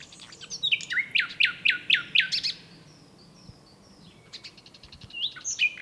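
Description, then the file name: Common nightingale song: a run of sharp repeated notes, a quiet pause, then a further phrase of quick notes over steady background hiss. "Luscinia megarhynchos"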